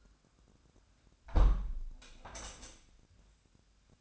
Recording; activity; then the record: daily activity, microphone in the room; close window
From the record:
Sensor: 2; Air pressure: 1006.4 hPa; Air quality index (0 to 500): 203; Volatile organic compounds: 15 ppm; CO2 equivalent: 2485 ppm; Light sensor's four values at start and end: 9/21/9/9 and 8/21/8/9